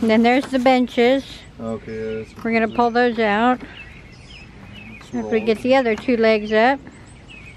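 A person handles an ALPHA CAMP folding camping table with bench set, about to raise the second pair of table legs into their locking braces. Someone talks over faint outdoor ambience with occasional bird chirps. Nothing has seated or clicked yet.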